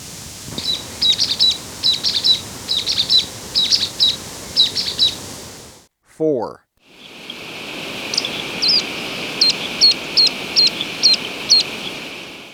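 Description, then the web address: Brown-backed chat-tyrant uttering rapid clusters of high, thin notes, then after a brief break a steady series of sharp high notes. Recorded in Ecuador. "Birds of Ecuador 3-07 Brown-Backed Chat-Tyrant"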